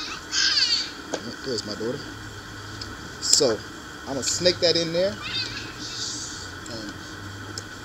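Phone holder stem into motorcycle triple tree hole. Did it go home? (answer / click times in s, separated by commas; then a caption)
yes / 7.6 s. A man talks while feeding the expanding stem of a cheap $4 sports bike phone holder into the hole in the motorcycle's triple tree. A short, sharp click at 7.6 s marks the stem locking into place.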